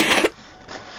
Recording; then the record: coughing mixed with background sound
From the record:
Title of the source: 61 morning phlegmy cough...again